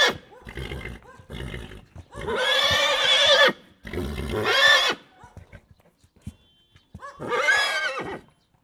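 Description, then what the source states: Horse neighing: three long, loud, shrill whinnies, with shorter rough huffing sounds between them. Excited neighing stallion in a farmyard.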